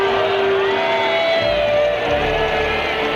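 A large crowd gathered for the Victory in Europe Day celebrations in May 1945 cheers and shouts together in response to Winston Churchill, in a loud, steady roar that holds for the whole few seconds, with scattered higher calls rising above the mass of voices.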